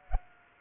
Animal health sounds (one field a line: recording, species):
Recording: mosquito wingbeat signal from an infrared sensor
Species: Culex pipiens